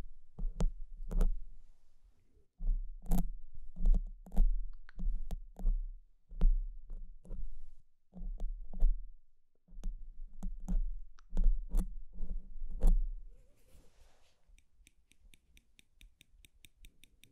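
Pinching and scratching sounds come in short bursts of sharp clicks and scrapes, a few per second, with a low steady hum underneath. Brief pauses fall near 2.5 and 8 seconds. After about 13.5 seconds the activity stops and only a faint rapid ticking remains.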